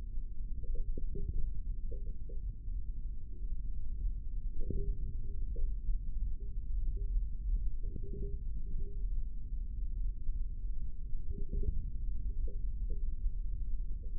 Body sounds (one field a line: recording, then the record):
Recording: forearm muscle sounds (acoustic myography)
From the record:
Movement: index flexion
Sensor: system 3, bracelet of six PUI Audio POM-2738L microphones around the upper forearm, with dedicated amplification and filtering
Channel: 5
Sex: male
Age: 25 years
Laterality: right